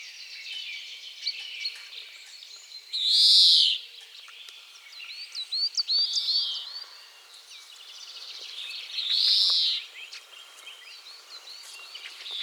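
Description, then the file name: European greenfinch wheezing twice, each a drawn-out buzzy note about six seconds apart, over a steady background of thin chirps and twitters from other small birds. "Chloris chloris"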